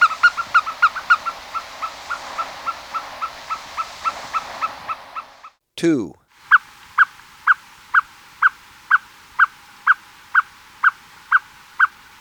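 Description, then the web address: Unicolored Tapaculo song, a series of short clipped notes, fast at first and slowing to about two per second, broken midway by a brief sweeping sound before the series resumes. Recorded in Ecuador. "Birds of Ecuador 2. Unicolored Tapaculo"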